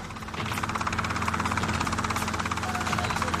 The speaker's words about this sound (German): Hoch darüber Kommandante Ramirez im Helikopter.